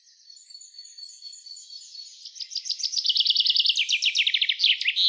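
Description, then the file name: Common chaffinch singing: after soft high background twittering, a rapid trill builds louder and drops in pitch, ending in an emphatic flourish. "Fringilla coelebs"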